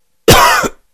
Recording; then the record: coughing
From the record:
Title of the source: Coughing 51